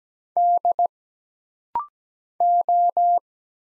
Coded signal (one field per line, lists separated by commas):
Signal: Morse code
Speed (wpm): 17 wpm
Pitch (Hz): 700 Hz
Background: none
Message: D O